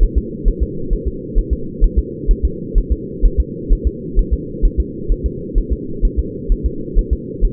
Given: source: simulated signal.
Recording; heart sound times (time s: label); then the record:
fetal heart sounds
0.03 s: S1
0.18 s: S2
0.48 s: S1
0.63 s: S2
0.93 s: S1
1.08 s: S2
1.38 s: S1
1.53 s: S2
1.84 s: S1
1.99 s: S2
2.31 s: S1
2.45 s: S2
2.78 s: S1
2.92 s: S2
3.25 s: S1
3.40 s: S2
3.73 s: S1
3.87 s: S2
4.19 s: S1
4.33 s: S2
4.65 s: S1
4.80 s: S2
5.12 s: S1
5.26 s: S2
5.58 s: S1
5.72 s: S2
6.05 s: S1
6.19 s: S2
6.52 s: S1
6.66 s: S2
6.99 s: S1
7.13 s: S2
7.45 s: S1
From the record:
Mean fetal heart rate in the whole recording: 130 bpm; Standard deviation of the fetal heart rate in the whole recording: 2 bpm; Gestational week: 38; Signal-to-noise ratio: -4.3 dB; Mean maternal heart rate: 72 bpm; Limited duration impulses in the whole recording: absent